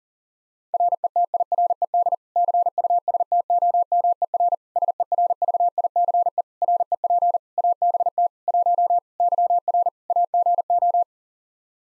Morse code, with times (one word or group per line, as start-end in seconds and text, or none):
0.7-2.1 RETIRED
2.4-4.5 CUSTOMER
4.8-6.4 SERVICE
6.6-7.4 REP
7.6-8.3 ABT
8.5-9.0 1
9.2-9.9 YR
10.1-11.0 AGO